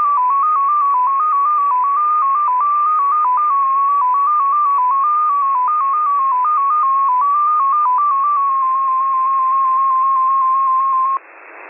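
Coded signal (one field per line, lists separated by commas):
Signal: numbers station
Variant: XPA2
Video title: XPA2 Number Station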